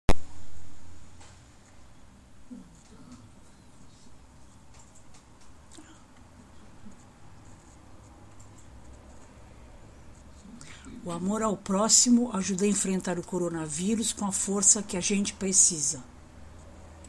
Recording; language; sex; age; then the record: spoken sentence; Brazilian Portuguese; male; 60 to 69 years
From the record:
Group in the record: control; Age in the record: 69 years